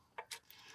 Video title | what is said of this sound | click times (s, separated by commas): Replace Diesel Filter On A Range Rover Evoque | one simp ly clicks and then you get your ground cable background | 0.2 s